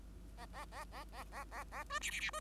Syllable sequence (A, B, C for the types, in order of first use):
A A A A A A A A B C C C B